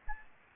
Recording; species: mosquito wingbeat signal from an infrared sensor; Aedes albopictus